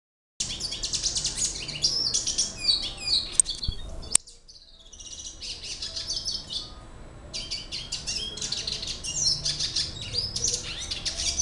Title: Pavanegra. cardenalito cantando